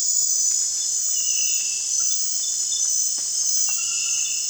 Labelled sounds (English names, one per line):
none